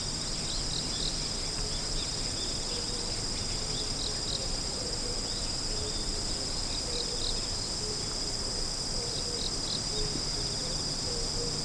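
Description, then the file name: Insect song, a steady high-pitched continuous drone running unbroken throughout, with faint scattered chirps and a low background hum. "singing of insect"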